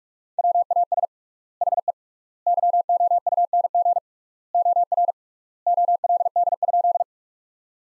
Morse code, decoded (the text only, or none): WAS HE YOUNG OR OLD?